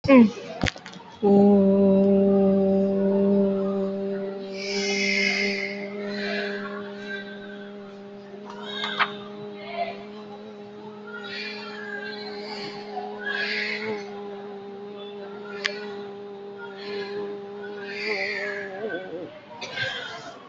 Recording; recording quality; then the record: sustained vowel as in boot; moderate, slight background noise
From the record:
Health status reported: COVID-19 positive, moderate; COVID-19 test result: positive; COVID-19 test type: RT-PCR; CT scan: taken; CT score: 4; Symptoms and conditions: cough, cold, fatigue, muscle pain, loss of smell and taste, another respiratory illness, hypertension, diabetes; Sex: female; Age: 46 years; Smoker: no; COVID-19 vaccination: both doses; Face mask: worn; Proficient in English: yes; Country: India